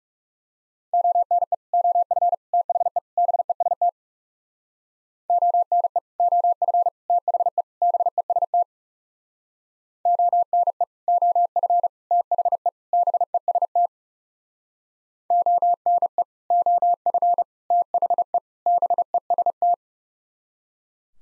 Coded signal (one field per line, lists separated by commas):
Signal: Morse code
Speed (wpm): 38 wpm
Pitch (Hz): 700 Hz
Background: none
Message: ONE OF THE BEST ONE OF THE BEST ONE OF THE BEST ONE OF THE BEST